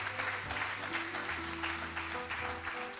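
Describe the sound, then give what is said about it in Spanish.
An audience claps steadily, giving applause to the Lord, a dense wash of applause that holds for the full few seconds, with sustained organ or keyboard tones underneath. “Pero dale un aplauso al Señor, tal vez se me baja la temperatura un poco, ¿no?”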